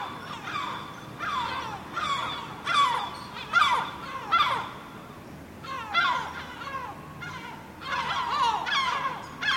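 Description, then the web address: Gull calls, harsh and yelping, delivered in clustered bursts with short pauses, over faint background noise. Gulls on a rooftop in Spain. "the sound pack tree. rooftop seagulls spain"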